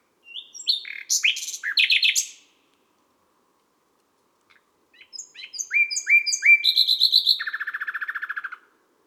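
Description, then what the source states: Common nightingale song: two varied phrases of sharp chirps and whistles, the second ending in a fast repeated trill, separated by silence. Recorded at midnight at Les Salelles, Ardèche, France.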